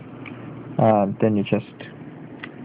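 While the latch on a Cyborg R.A.T. 7 gaming mouse is held down, a plastic adjustable piece is pushed forward into the mouse body as someone talks. A short, sharp click at 2.4 s marks the piece locking into place.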